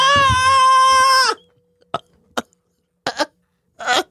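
A long, steady, high-pitched tone, then four brief, separate cough-like bursts from an adult.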